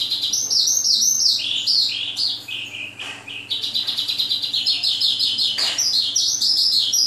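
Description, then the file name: Oriental skylark song, dense high warbled phrases with quick slurred notes and trills, briefly dipping lower, over a faint steady hum. Vietnam. "suara kicauan sonca branjangan vietnam. omkicau"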